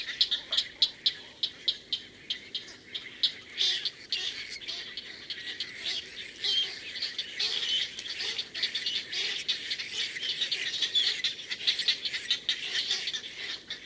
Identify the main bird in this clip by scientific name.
Ardea alba